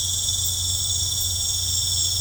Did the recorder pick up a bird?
no